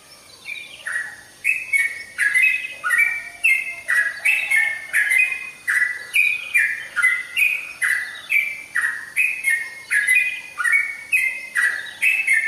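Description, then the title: Oriental magpie-robin song of rapid repeated whistled phrases, each falling in pitch after a high metallic tick, continuing without a break. "Kicau Kacer"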